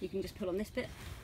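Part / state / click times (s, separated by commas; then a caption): tent pole hub locking into its set-up position / not seated / none. Someone talks while handling a tent's "pull to set up" hub section, pulling on it to snap the pole frame into its locked, erected position. No click or knock is heard; nothing has seated or clicked yet.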